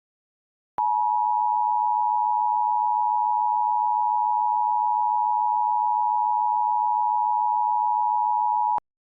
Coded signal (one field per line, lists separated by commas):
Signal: Emergency Alert System (SAME) tones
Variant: 853 and 960 Hz attention tone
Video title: EAS Mock 5: Kal gets sad